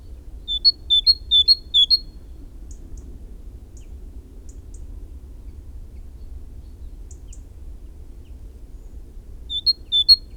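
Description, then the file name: Great tit delivering a short run of high see-saw two-note phrases, a long gap with faint ticks, then the run begins again; steady low rumble throughout. "Parus major"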